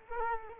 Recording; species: mosquito wingbeat signal from an infrared sensor; Culex quinquefasciatus